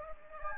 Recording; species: mosquito wingbeat signal from an infrared sensor; Anopheles gambiae